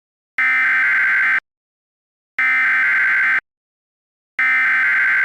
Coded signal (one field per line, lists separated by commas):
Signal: Emergency Alert System (SAME) tones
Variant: header bursts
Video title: Not So Superior | An EAS Scenario